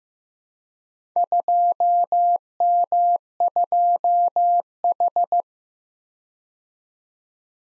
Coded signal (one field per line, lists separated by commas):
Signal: Morse code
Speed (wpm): 15 wpm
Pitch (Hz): 700 Hz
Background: none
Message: 2M2H